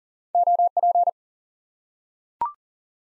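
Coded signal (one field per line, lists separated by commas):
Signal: Morse code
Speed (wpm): 37 wpm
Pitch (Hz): 700 Hz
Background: none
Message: OP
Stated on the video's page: High-speed (QRQ) Morse drill of single common QSO elements for instant word recognition.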